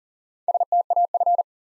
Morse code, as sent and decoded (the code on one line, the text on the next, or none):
... - .- ..-.
STAF